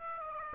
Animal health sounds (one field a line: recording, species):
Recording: mosquito wingbeat signal from an infrared sensor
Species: Aedes aegypti